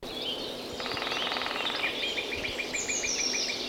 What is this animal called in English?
Lesser Spotted Woodpecker